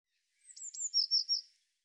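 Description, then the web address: Eurasian blue tit call, softer: high thin piping notes dropping in pitch, then three quick scolding churr notes, no other sounds. "cianscape birddata Deverinetal 2025 File cleaned normalized Bird Cy Ca"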